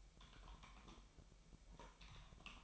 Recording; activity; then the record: daily activity, microphone in the room; typing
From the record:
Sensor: 1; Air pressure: 1002.0 hPa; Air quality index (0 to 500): 244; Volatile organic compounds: 49 ppm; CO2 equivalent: 3285 ppm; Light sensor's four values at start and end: 8/29/10/12 and 8/29/10/12